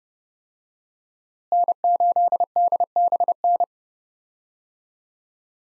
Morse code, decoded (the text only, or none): N8DBN